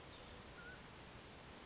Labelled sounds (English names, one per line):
Mountain Quail